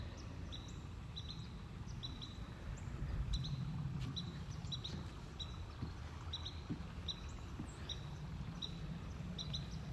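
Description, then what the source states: Carolina wren giving many short high chirps throughout, over a low, constant rumble of background noise. Calling persistently at close range at a wetlands center in Georgia.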